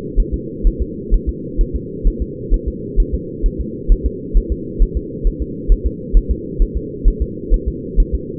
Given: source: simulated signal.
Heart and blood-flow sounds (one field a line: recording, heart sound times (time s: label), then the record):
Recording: fetal heart sounds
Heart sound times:
0.20 s: S1
0.34 s: S2
0.67 s: S1
0.82 s: S2
1.14 s: S1
1.29 s: S2
1.61 s: S1
1.76 s: S2
2.08 s: S1
2.22 s: S2
2.54 s: S1
2.68 s: S2
3.00 s: S1
3.14 s: S2
3.46 s: S1
3.61 s: S2
3.92 s: S1
4.06 s: S2
4.37 s: S1
4.52 s: S2
4.82 s: S1
4.97 s: S2
5.27 s: S1
5.42 s: S2
5.72 s: S1
5.87 s: S2
6.17 s: S1
6.31 s: S2
6.62 s: S1
6.77 s: S2
7.08 s: S1
7.22 s: S2
7.54 s: S1
7.68 s: S2
8.00 s: S1
8.15 s: S2
From the record:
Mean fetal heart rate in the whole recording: 130 bpm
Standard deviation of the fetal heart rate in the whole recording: 2 bpm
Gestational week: 38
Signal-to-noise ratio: -4.1 dB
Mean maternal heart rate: no maternal heart sound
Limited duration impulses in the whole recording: absent